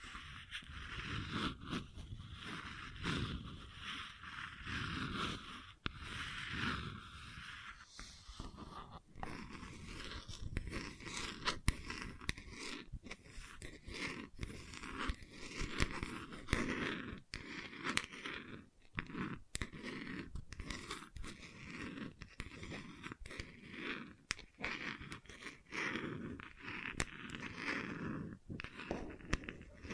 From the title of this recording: Gentle Scratching